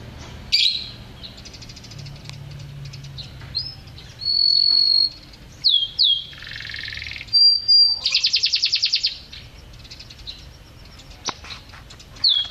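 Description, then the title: Canary song mixing long flat whistles, sharp swooping notes, a harsh buzzy burst and a rapid pulsed trill, with pauses between phrases. Champion canary in strong full song, described as gacor; first-place winner in a competition. "Suara Kenari Gacor Suara Kicau Burung Kenari Gacor Juara 1"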